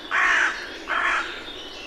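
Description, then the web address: Bird giving two harsh, hoarse caws in quick succession, each under half a second long, over a quiet background. "birddata Deverinetal 2025 Bird Only"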